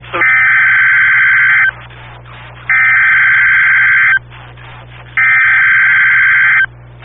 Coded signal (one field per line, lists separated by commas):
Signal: Emergency Alert System (SAME) tones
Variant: header bursts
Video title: EAS Tornado Warning South Carolina Statewide Tornado Drill NOAA Weather Radio +WeatherSTAR4000